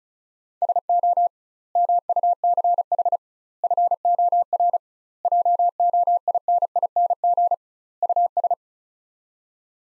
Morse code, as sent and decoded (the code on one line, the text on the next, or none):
... --- / -- ..- -.-. .... / ..-. --- .-. / .--- --- .. -. .. -. --. / ..- ...
SO MUCH FOR JOINING US